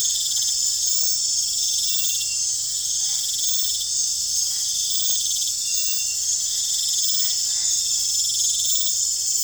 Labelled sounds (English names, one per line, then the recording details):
none
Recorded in pastures near Puerto Asís, Putumayo, Colombia, on 16 December 2024 at 20:00
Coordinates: 0.466, -76.322
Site G040